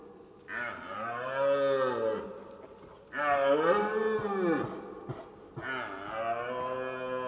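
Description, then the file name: Deer calling in three long, drawn-out harmonic calls, each over a second, with short quiet gaps between them. "cerfs"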